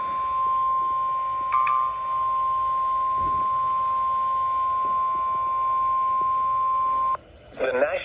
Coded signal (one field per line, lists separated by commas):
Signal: Emergency Alert System (SAME) tones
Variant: 1050 Hz attention tone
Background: speech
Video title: (EAS #399) Severe Thunderstorm Warning for Lafayette, Green, Iowa, and Dane, Wisconsin